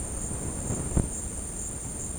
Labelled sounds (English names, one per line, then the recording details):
none
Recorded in dense forest near Puerto Asís, Putumayo, Colombia, on 19 February 2024 at 15:00
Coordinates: 0.486, -76.316
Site G6437